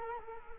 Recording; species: mosquito wingbeat signal from an infrared sensor; Culex quinquefasciatus